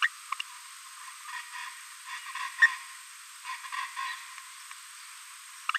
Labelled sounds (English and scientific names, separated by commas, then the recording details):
Green-rumped Parrotlet (Forpus passerinus) babbling
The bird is a female
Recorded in a nest box in Venezuela
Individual 17B42A2